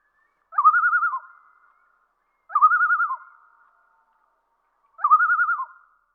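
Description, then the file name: Common loon giving three wavering tremolo calls, each a quavering laugh-like phrase about two-thirds of a second long, repeated every two to two and a half seconds against a quiet background. "solitudes common loon"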